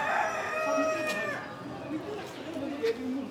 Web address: Morocco sound library by Faunethic Market for chicken hen and bird outdoor, voices and activity 160612